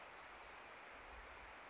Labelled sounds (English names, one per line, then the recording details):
Pacific Wren
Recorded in Sonoma County, California